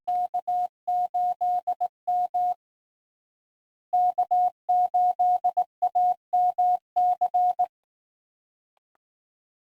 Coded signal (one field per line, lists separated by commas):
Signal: Morse code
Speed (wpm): 18 wpm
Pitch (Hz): 720 Hz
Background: none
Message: K8M K8AMC